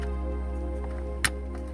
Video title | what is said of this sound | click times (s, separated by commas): How to: CEL and P0496 Codes Purge Valve Buick Encore/Chevy Trax Ecotec 1.4L and how to fix it! | You hear that click? It's secured. | 1.2 s